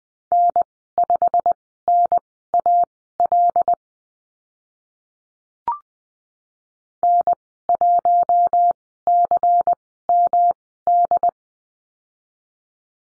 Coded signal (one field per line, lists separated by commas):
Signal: Morse code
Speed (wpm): 20 wpm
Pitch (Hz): 700 Hz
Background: none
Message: N5NAL N1CMD